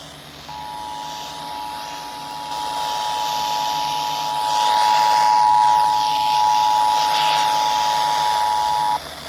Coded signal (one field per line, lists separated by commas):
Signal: Emergency Alert System (SAME) tones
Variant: 853 and 960 Hz attention tone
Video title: EAS Alerts from July 4-6, 2022 (EAS 982-989)